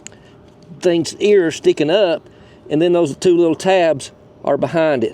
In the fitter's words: rounded part right here snaps in to that little